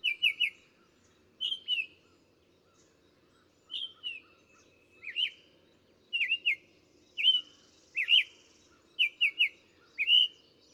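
Bird song: clear whistled phrases near the upper-middle range, given in short bursts of two or three notes at short intervals, with thin high ticks above and a faint low hum beneath.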